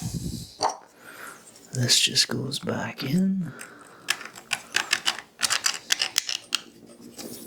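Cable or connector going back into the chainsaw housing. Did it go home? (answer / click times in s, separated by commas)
no / none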